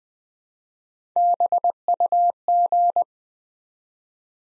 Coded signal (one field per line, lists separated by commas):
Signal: Morse code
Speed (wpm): 20 wpm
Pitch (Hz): 700 Hz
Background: none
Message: BUG